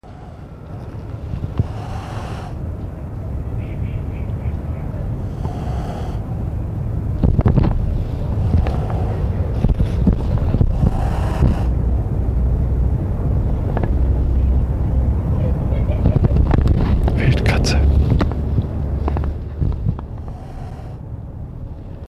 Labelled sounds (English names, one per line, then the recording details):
Wildcat hissing
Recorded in captivity
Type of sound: hiss
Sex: female
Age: adult
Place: Tierpark Berlin, Berlin, DE
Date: 1964-09-29 16:00
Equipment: Telefunken Magnetophon 300, Sennheiser MD 421, Transistorverstärker, Kopie Smaragd
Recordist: Tembrock, Günter
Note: Weibchen: Fauchen gegen Beobachter. Abstand: 3 m. Aufnahmezeit: 16-19.00 Uhr